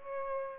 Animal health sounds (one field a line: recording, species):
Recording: mosquito wingbeat signal from an infrared sensor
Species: Aedes aegypti